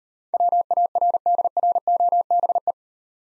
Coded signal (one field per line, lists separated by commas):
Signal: Morse code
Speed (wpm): 37 wpm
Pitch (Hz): 700 Hz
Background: none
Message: WARDROBE